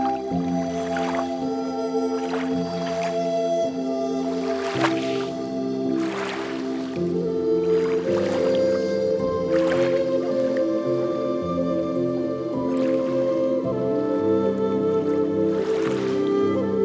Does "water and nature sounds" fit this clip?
yes